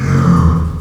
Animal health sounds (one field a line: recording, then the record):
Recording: squeal of a Yucatan mini pig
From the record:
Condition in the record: after surgery on the right vocal fold (resection and tissue-engineered implant)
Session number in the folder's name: 16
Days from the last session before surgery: 183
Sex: female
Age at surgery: 19 weeks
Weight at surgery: 25 kg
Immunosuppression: prednisolone